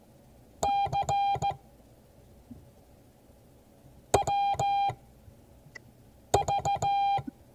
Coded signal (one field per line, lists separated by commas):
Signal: Morse code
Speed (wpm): 16 wpm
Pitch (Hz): 800 Hz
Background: none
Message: CWV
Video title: Morse code class 2022 11 16